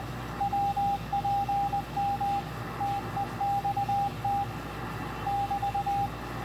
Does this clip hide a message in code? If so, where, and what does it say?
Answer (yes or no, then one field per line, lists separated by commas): yes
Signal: Morse code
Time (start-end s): 0.4-6.1 s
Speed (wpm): 19 wpm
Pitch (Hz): 800 Hz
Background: radio noise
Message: WPM TEXT <BT>